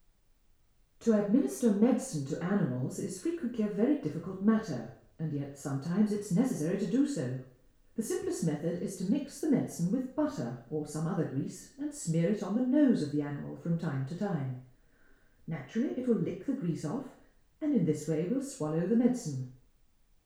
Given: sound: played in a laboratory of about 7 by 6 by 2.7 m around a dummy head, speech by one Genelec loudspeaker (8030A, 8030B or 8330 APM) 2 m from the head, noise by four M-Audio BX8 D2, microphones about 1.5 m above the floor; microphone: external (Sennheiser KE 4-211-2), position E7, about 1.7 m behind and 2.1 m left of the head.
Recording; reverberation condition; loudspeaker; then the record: female speech in English; medium; 120 degrees to the left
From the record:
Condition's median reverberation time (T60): about 510 ms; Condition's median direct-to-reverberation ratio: about -0.5 dB